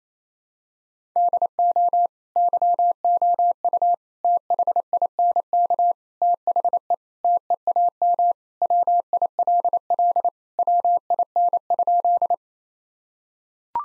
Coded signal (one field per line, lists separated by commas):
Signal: Morse code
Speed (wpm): 27 wpm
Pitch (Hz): 700 Hz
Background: none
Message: DO YOU THINK THE TEAM WILL WIN?